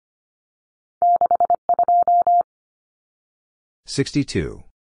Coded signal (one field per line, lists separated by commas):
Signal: Morse code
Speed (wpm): 25 wpm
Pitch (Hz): 700 Hz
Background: none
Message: 62